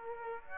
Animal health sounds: mosquito wingbeat signal from an infrared sensor; Aedes aegypti

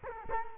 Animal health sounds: mosquito wingbeat signal from an infrared sensor; Culex quinquefasciatus

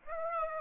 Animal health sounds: mosquito wingbeat signal from an infrared sensor; Aedes aegypti

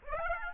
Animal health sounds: mosquito wingbeat signal from an infrared sensor; Aedes aegypti

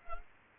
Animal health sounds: mosquito wingbeat signal from an infrared sensor; Culex pipiens

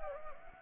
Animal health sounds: mosquito wingbeat signal from an infrared sensor; Anopheles arabiensis

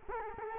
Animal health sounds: mosquito wingbeat signal from an infrared sensor; Culex quinquefasciatus

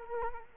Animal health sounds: mosquito wingbeat signal from an infrared sensor; Culex quinquefasciatus

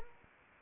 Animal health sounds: mosquito wingbeat signal from an infrared sensor; Anopheles arabiensis

